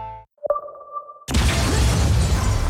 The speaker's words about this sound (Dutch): Explosie in het flatgebouw waarbij een vrouwelijke rechercheur is omgekomen. In de nieuwe Avro Tros-serie Het Gouden Uur staat de nasleep van een aanslag centraal.